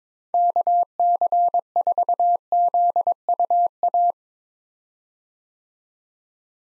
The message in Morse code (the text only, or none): KC4ZUA